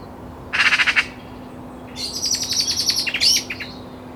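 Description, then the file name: Eurasian magpie giving a harsh, rattling chatter: a short burst of rapid pulses, a pause, then a longer grating run of repeated notes. "Pica pica"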